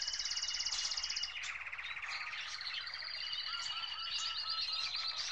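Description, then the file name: Birds calling, opening with a fast high pulsed trill, then a crowded chorus of chirps, whistles and a short series of repeated lower slurred notes. "Birds chirping and tweeting"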